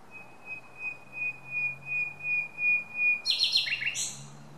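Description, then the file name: Common nightingale song opening with a long, pure whistled note swelling repeatedly in loudness, followed by a burst of rapid, rattling high notes. "Luscinia megarhynchos"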